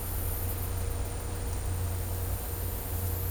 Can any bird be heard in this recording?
no